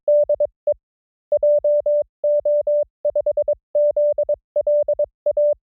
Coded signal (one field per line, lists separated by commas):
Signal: Morse code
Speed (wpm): 22 wpm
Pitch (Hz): 610 Hz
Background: none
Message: DE JO5ZLA